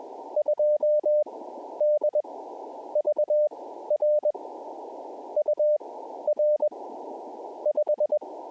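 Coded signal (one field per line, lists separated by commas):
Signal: Morse code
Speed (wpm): 21 wpm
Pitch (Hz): 600 Hz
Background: none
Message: 2DVR UR 5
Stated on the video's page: QRP CW park activation at a Georgia wildlife management area.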